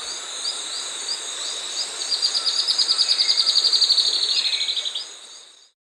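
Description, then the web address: Spot-winged antbird singing a fast, steady series of sharp high notes that slowly descends over roughly three seconds, with continuous shrill insect buzzing throughout and softer notes before. Andean bird of South America. "S America Andean Birds Spot-Winged Antbird (Percnostola Leacostigma)"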